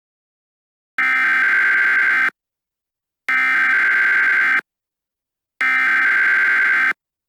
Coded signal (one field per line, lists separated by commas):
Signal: Emergency Alert System (SAME) tones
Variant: header bursts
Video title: EAS Scenario - Double Threat: SCP-106 & -280